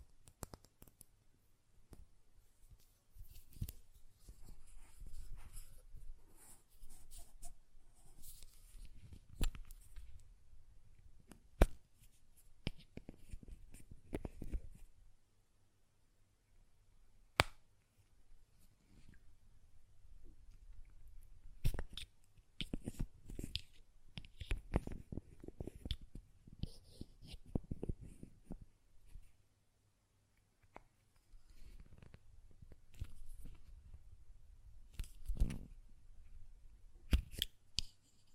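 A glass perfume bottle is tapped and its lid handled in irregular bursts of small clicks and sharp ticks, with a few louder knocks.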